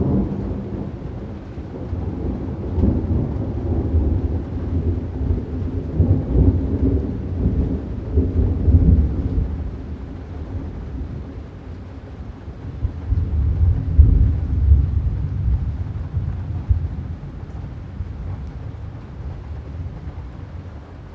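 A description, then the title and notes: Deep rolling thunder rumbles through a summer storm, swelling twice at about five and fourteen seconds over a steady low hiss of rain. Summer Thunderstorm | Music of Nature | White Noise.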